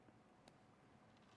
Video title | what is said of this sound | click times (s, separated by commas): MADE Shopping - TV and Digital Streaming featuring Charles & Colvard | now it's locked | 0.5 s